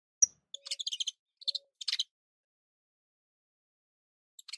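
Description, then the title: Domestic canary giving a single high note, then several rapid clusters of chirps, followed by silence and a few brief chirps at the end. Portuguese canary breed (Kenari Portugis). "Kenari Portugis"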